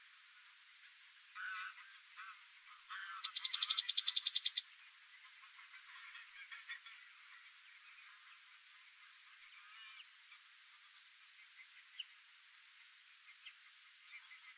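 Bird giving high, thin clicking notes in scattered short groups, with one quick rattling burst early on and fainter lower chirps beneath.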